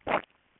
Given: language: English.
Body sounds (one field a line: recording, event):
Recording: throat vibration sensor signal played as sound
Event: swallow